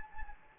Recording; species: mosquito wingbeat signal from an infrared sensor; Anopheles gambiae